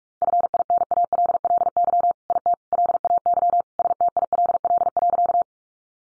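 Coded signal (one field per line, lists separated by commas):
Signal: Morse code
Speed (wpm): 44 wpm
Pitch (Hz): 700 Hz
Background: none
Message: FINALLY IT LAY STILL.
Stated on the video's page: Morse code practice at 45 wpm: head-copy sentences built from the top 1000 words, each sent in Morse, spoken, then sent again.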